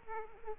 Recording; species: mosquito wingbeat signal from an infrared sensor; Aedes aegypti